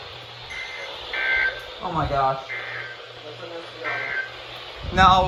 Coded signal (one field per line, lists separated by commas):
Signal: Emergency Alert System (SAME) tones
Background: speech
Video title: EAS NUMBER ONE THOUSAND | Alerts from 4/11/24 - 4/12/24 (EAS #989 - #1005!!!)